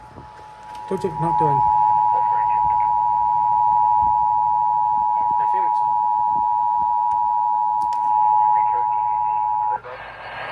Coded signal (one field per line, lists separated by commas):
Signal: Emergency Alert System (SAME) tones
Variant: 853 and 960 Hz attention tone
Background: speech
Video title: Early morning major flood warnings EAS #34(11-12-2021)